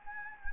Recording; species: mosquito wingbeat signal from an infrared sensor; Anopheles gambiae